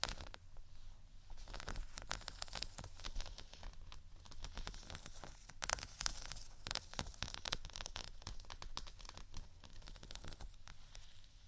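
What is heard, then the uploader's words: Dense scratching and tapping, a rapid, irregular stream of dry clicks and scrapes that runs throughout with no pauses. The sound is bright, with crackly, crinkling texture, over a low steady rumble underneath. Louder bursts stand out around two and six seconds. ScratchingTapping for Relaxation （No Talking）.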